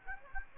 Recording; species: mosquito wingbeat signal from an infrared sensor; Aedes aegypti